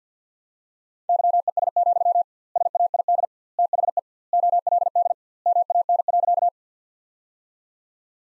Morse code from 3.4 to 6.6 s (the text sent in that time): THE OLD MAN.